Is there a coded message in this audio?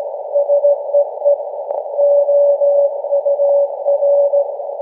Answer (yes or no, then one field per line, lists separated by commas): yes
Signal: Morse code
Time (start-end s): 0.4-4.4 s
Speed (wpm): 16 wpm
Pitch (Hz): 570 Hz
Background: none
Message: SEE OUR